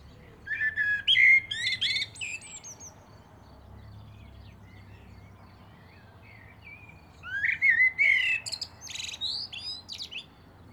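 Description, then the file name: Common blackbird song in two bursts separated by a quiet gap, rich warbled whistles rising into squeaky, strained high notes, with soft background hiss between. "Turdus merula"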